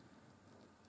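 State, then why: Not seated. The hose end of a new old stock Maytag Satellite vacuum cleaner is being handled at the cleaner body inlet, where it goes in at a 90 degree angle and twists until it clicks into its locked position. A steady, rain-like broadband hiss fills the clip, with a brief, faint burst near 0.9 s. Nothing has seated or clicked yet.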